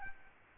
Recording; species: mosquito wingbeat signal from an infrared sensor; Aedes albopictus